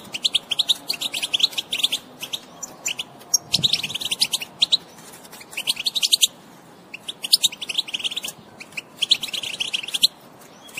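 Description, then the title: European goldfinch song in bursts of quick twittering chirps and trills, separated by short pauses. Wild bird. "اجمل غناءالحسون الخلويchant chardonneret sauvage"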